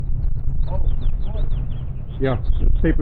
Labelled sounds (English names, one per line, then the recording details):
House Finch song
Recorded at WGilgo Beach on Long Island, New York, on 22 May 1975
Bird F